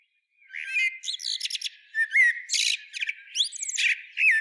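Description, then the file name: Common blackbird delivering a busy run of clear whistles, sharp chips and rushed twitters, one phrase after another with barely a pause. "Turdus merula"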